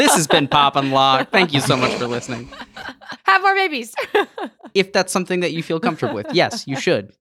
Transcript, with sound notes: This has been Pop & Locke. Thank you so much for listening.
Have more babies.
[laughter] If that’s something that you feel comfortable with, yes, you should.